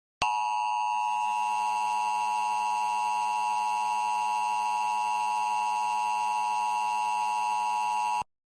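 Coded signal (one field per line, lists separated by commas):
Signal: Emergency Alert System (SAME) tones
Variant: 853 and 960 Hz attention tone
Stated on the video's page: EAS warning interrupting Family Guy on Cox cable.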